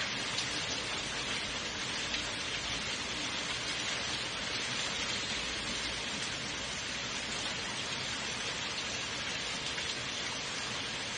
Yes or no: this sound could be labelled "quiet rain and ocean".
yes